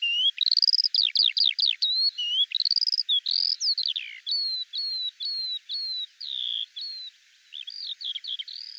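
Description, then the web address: Bird song of fast chirp bursts, then a series of evenly spaced sharp whistled notes, each falling slightly, with a short quiet gap near the end. "birddata Deverinetal 2025 Bird"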